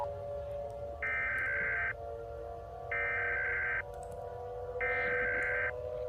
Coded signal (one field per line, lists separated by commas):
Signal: Emergency Alert System (SAME) tones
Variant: header bursts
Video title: i rated a few eas alarms part 2